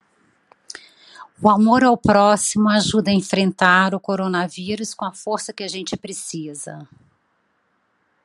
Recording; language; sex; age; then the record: spoken sentence; Brazilian Portuguese; female; 50 to 59 years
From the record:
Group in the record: control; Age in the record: 54 years